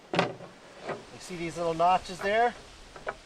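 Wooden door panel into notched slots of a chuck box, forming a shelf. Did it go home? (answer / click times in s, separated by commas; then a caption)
no / none. A removed wooden door panel from a camp chuck box is handled near small notches where it will lock in as a shelf. There is a sharp knock at 0.2 s, someone talks through the middle of the clip, and light knocks follow at about 3.0, 3.1 and 3.3 s. The panel has not seated or clicked into the notches yet.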